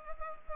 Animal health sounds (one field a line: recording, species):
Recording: mosquito wingbeat signal from an infrared sensor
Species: Culex pipiens